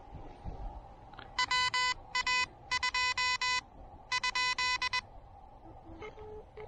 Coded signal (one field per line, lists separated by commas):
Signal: Morse code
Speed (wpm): 20 wpm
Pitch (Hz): 2000 Hz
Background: none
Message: WA2 ?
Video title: The New Elecraft KH1: First pedestrian mobile POTA activation!